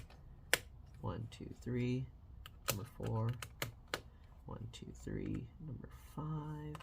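On a Lenovo Legion Y540-15IRH laptop, bottom-cover screw number two is turned backwards until its thread drops into the chassis standoff hole with a sharp click at 0.5 s, seating it before tightening. Someone talks and counts throughout, and further short clicks are heard around 3.6 s and 3.9 s.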